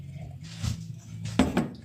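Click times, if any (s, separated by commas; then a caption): 1.4 s, 1.6 s. A small plastic snap-on part, probably a cap or clip, is pressed onto a plastic Big Wheel ride-on tricycle during assembly. A quiet low hum and faint handling noise give way to a sharp pair of plastic snaps at 1.4 and 1.6 seconds. The part snaps into place and is seated.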